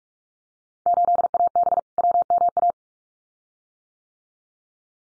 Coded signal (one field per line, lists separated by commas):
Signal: Morse code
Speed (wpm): 46 wpm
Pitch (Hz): 700 Hz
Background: none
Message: 8AB WMA